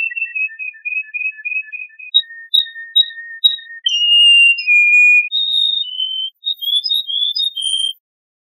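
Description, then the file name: Canary song opening with a rapid trill of even repeated notes, moving into sustained pure whistles, then a burst of varied high notes and a final held whistle. "kenari"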